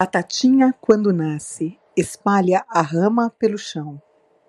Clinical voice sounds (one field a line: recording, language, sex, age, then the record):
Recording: short text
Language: Brazilian Portuguese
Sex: female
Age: 50 to 59 years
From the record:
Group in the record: control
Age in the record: 50 years